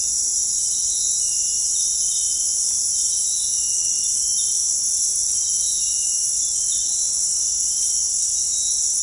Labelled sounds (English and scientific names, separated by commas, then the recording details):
none
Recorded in dense forest near Puerto Asís, Putumayo, Colombia, on 15 December 2024 at 18:00
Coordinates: 0.499, -76.324
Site G045